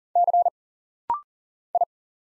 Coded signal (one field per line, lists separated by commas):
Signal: Morse code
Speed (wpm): 40 wpm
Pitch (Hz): 700 Hz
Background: none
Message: C I